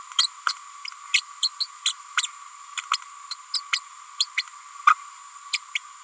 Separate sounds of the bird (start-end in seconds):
0.18-0.27, 0.48-0.53, 1.13-1.22, 1.42-1.50, 1.60-1.67, 1.85-1.93, 2.17-2.22, 2.92-2.97, 3.30-3.35, 3.53-3.61, 3.72-3.79, 4.20-4.26, 4.36-4.43, 4.86-4.94, 5.52-5.57, 5.75-5.78